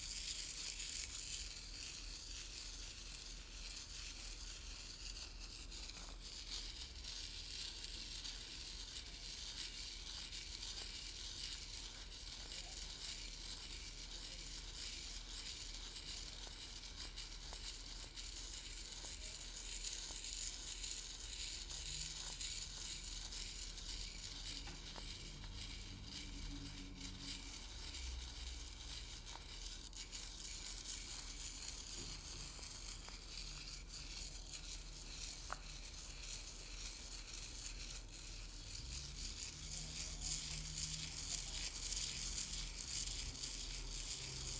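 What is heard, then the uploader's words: Dry grains such as rice, corn, oats and chia seeds are stirred and stabbed, making a dense, continuous rustling crunch. Sharper individual stabs cut through now and then, and soft low thuds appear around the middle and near the end. Stirring, Stabbing RICE, CORN, OATS, CHIA SEEDS. かき混ぜる、刺す。お米・コーン・オーツ・チアシード.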